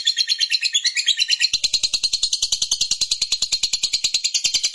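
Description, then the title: Lovebird song, a fast, unbroken stream of shrill, scratchy chirps, pulsing several times a second. Lovebird of fighter type, singing energetically (gacor). "Berkat SUARA Lovebird FIGHTER GACOR Ini"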